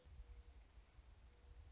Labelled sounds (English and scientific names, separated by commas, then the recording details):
Mourning Dove (Zenaida macroura)
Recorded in Sonoma County, California